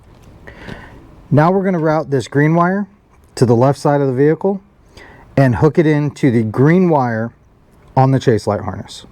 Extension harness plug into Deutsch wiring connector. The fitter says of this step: again you should hear a little click